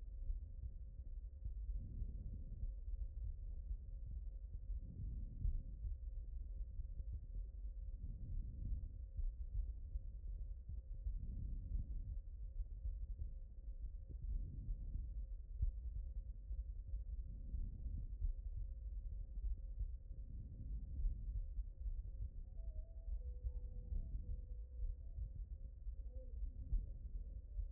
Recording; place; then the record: heart sounds by stethoscope; aortic valve (AV)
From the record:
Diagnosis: non-HFrEF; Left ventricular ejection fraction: 53%